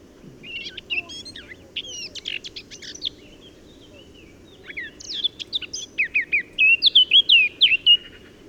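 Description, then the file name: Eurasian blackcap song with two phrases: a soft jumbled warble, then a second phrase rising to a loud series of clear whistled downslurs; faint low rumble behind. "Sylvia atricapilla"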